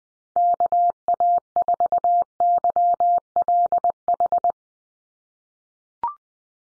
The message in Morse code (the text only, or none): KA4YLH